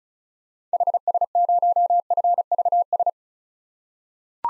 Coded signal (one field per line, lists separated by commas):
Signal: Morse code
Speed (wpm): 36 wpm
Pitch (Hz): 700 Hz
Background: none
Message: HS0FVS